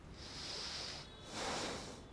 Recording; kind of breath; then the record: one breath in and out by a microphone near the nose and mouth; deep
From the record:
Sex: male